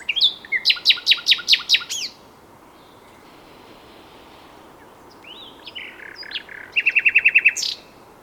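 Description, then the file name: Common nightingale song: a rapid string of loud repeated clicky notes, a quiet gap, then rising notes leading into a quick, bright rattled trill. "Luscinia megarhynchos"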